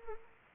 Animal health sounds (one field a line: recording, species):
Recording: mosquito wingbeat signal from an infrared sensor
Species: Anopheles arabiensis